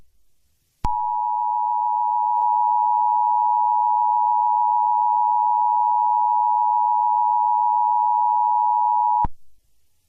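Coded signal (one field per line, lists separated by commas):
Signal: Emergency Alert System (SAME) tones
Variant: 853 and 960 Hz attention tone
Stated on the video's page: Simulated EAS scenario tones for a fictional SCP 4975 scenario.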